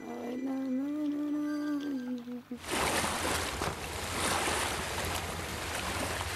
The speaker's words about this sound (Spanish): La correntada, correntada. Trae los sonidos del río.